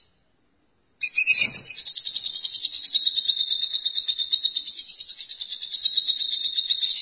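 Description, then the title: Lovebird song, a long unbroken stream of rapid, high buzzy chattering twitters starting after a second of silence, with a brief low rustle early on. "BM Suara Burung Lovebird"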